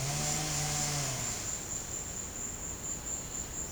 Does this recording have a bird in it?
no